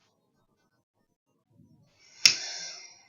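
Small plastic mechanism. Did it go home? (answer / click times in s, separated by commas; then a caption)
released / 2.3 s. A forceful inhalation through a dry-powder inhaler triggers its breath-actuated dose release mechanism, which gives a sharp click at 2.3 s followed by a short airy rush that fades by about 3 s. The dose is released, and the dose counter drops from 107 to 106.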